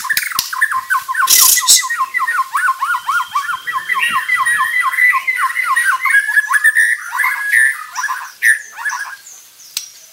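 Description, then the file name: White-rumped shama chattering in a fast, continuous rattle of short harsh notes, broken by a noisy burst and ending in scattered rasping calls. Crowned variety from Borneo, harsh voice. "Suara kasar burung murai batu borneo mahkota"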